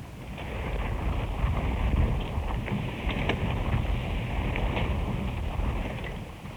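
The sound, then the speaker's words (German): Steady, rushing wind drives a windmill, a broad low roar that holds at an even loudness throughout, with faint scattered ticks and rattles in the noise and no voices. “Genauso hart wie der Wassermüller arbeitete auch der Müller, dessen Mühle der Wind antrieb.”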